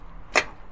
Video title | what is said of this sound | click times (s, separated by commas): The DIY GOLD WRX hella horn mod! | that's a nice click. | 0.4 s